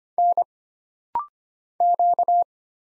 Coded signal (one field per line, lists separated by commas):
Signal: Morse code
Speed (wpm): 25 wpm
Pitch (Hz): 700 Hz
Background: none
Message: N Q